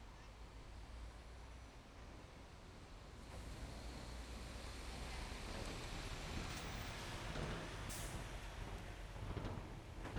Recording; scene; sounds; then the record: everyday scene through a hearing-aid microphone; in traffic; traffic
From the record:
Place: main road on the outskirts, rush hour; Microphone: behind the ear, left, rear